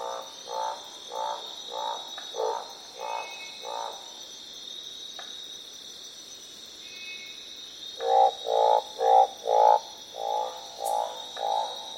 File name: Barred Frogs - Orange thighed treefrogs Croaks